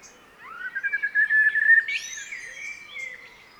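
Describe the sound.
Common blackbird giving a single rising, fluted warble that flows into a thin, high squeaky ending.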